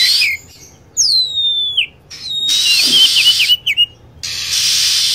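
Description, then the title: Lovebird calls: a high whistle slurring downward, then a run of quick squeaky chirps, with loud hissing noise filling the gaps. Lure call for attracting lovebirds. "PIKAT BURUNG LOVEBIRD"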